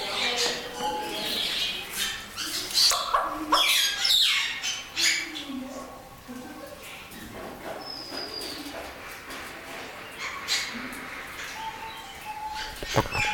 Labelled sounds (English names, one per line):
White-headed Buffalo-Weaver